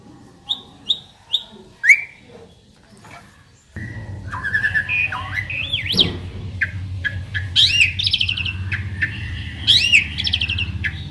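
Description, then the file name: Asian pied starling with a few sharp chirps, then looping whistled slurs and warbles rising and falling, over a steady low hum that starts partway through. Local Indonesian name jalak suren; described as a champion bird. "suara burung jalak suren juara"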